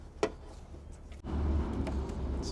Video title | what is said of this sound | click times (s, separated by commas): Rejuvenating a Neglected Straight-Six BMW E46 325i Touring - Project Cologne: Part 4 | push it in, clicks into place. | 0.2 s